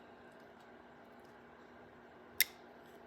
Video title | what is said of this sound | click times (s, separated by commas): Vintage British Motorcycles Repair/Restore | did you hear the click | 2.4 s